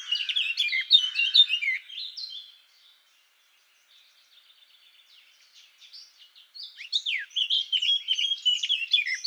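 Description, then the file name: Eurasian blackcap song: two bursts of fast, varied warbling whistles around a quiet gap with soft scratchy notes. "Sylvia atricapilla"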